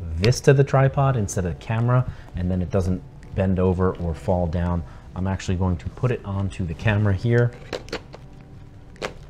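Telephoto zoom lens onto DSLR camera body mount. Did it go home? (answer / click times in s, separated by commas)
yes / 9.1 s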